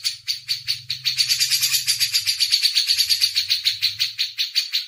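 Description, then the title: Grey-cheeked bulbul chattering steadily in a fast, rasping pulsed series, with a faint low hum underneath. Masteran training audio. "MASTERAN CUCAK JENGGOT"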